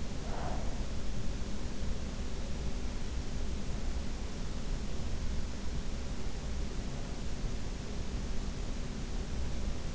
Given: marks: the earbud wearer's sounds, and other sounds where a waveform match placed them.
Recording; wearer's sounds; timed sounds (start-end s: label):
sounds in sleep by an in-ear microphone; breath
0.00-0.92 s: breath